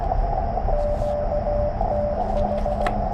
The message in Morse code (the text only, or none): QTH